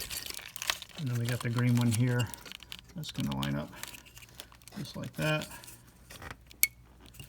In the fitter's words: that's clicked in place then our connectors will go back in like such